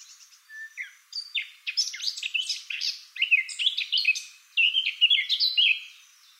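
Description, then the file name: Eurasian blackcap song: a long run of rich, varied warbling notes, quick and jumbled. No other sounds stand out. "Sylvia atricapilla"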